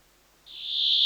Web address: Brambling